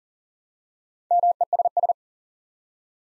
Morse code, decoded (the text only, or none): MESS